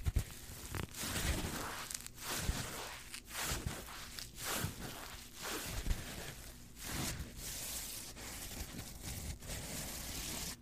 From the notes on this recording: Lots of scratching and rough textures